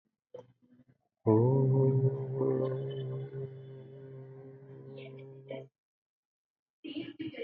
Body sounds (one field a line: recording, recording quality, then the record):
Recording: sustained vowel as in boot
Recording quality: moderate, slight background noise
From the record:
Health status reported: healthy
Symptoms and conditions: none ticked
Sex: male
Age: 38 years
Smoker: not ticked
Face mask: not worn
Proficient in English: yes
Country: India